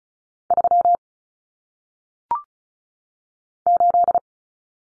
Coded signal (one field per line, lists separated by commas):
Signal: Morse code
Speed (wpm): 34 wpm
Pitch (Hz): 700 Hz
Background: none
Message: 3 8